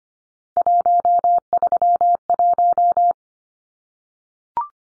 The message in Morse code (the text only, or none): 131